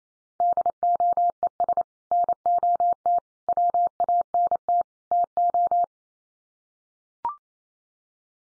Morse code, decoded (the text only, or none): DOES NOT WANT TO